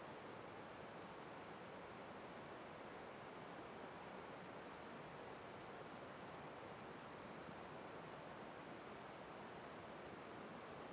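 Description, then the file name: Cricket chorus, high and buzzy, beating in steady pulses, with running water rushing throughout. Night ambience looking toward the mouth of Terra Ronca 1 cave; cricket chorus, river on the left; AB stereo recording. "Ambiencia olhando para boca da caverna terra ronca 1 a noite, coro de cigarras e grilos, rio a esquerda, gravacao em ab"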